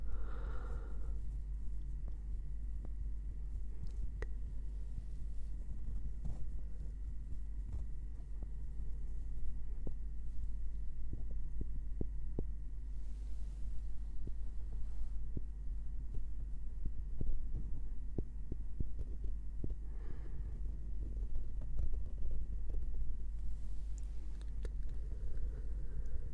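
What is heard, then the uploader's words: Gentle tapping and scratching on wood, with scattered soft knocks throughout over a steady low rumble and faint hum underneath. ASMR gentle Wood Triggers - tapping & scratching.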